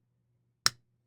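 A titanium We Knives High-Fin XL folding knife is closed, and the blade's detent ball snaps into the detent hole in the lock bar with one sharp, bright click at 0.7 s that fades within about a tenth of a second over a faint steady low hum. The detent seats solidly with no detent lash.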